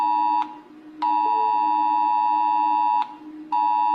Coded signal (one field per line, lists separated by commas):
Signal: Emergency Alert System (SAME) tones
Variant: 853 and 960 Hz attention tone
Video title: Rating E.A.S alarms (emergency alert system)